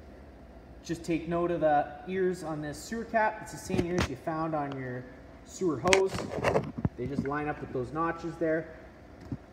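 Someone talks while handling the bayonet fitting of a sewer hose at the sewer outlet of a 2024 FR Wildwood 36VBDSX RV, lining the fitting's ears up with the notches on the outlet; the sewer cap has the same ears. Nothing has seated or clicked yet; the hose fitting is not yet locked onto the outlet when the clip ends.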